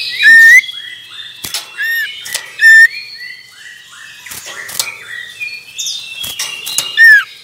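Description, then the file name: Common iora song: a few short whistled notes spaced out, with varied chirps from other birds in the background. Male. "suara burung cipoh jantan"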